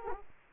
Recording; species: mosquito wingbeat signal from an infrared sensor; Culex quinquefasciatus